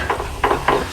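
On a 1999 BMW 328i (E46), a fuel line quick-connect coupling is pushed over the plastic pipe at the fuel line junction, following an earlier attempt that came back off. After a faint tap at 0.1 s, two sharp clicks sound at 0.4 s and 0.7 s as the connector seats onto the pipe.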